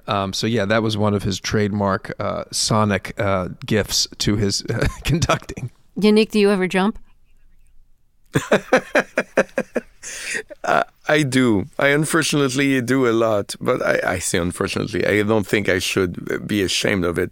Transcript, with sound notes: So, yeah, that was one of his trademark sonic gifts to his conducting.
Yannick, do you ever jump?
(Laughter) I do, I unfortunately do a lot. But - I say unfortunately. I don't think I should be ashamed of it.